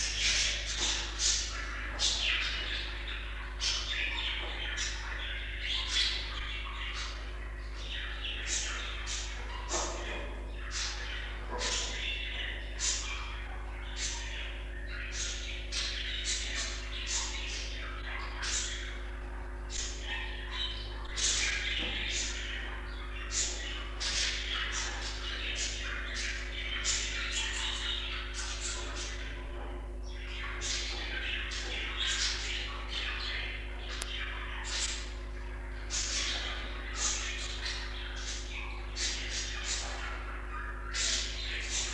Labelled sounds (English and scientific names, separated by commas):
Budgerigar (Melopsittacus undulatus) call